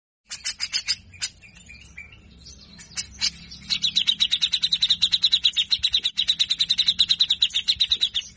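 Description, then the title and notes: Grey-cheeked bulbul: scattered sharp, high notes at first, then a long, fast, grating rattle of repeated notes lasting nearly five seconds. Bird singing actively (gacor) in a full rough rattling style (besetan kasar) with 'ngepik' notes. "MASTERAN CUCAK JENGGOT GACOR FULL BESETAN KASAR. Masteran cucak Jenggot gacor Mbeset Ngepik. Burung cucak jenggot"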